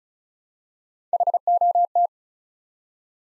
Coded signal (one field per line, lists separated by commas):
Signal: Morse code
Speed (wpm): 36 wpm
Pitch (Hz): 700 Hz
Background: none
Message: HOT